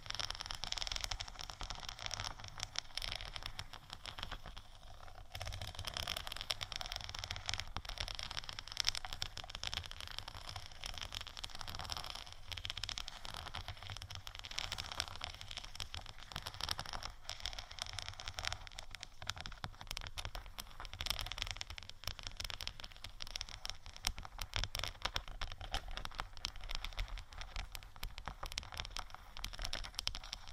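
A crystal sticker sheet is scratched and tapped in dense, steady crackling rustles with quick clicks throughout, bright and gritty with slight swells.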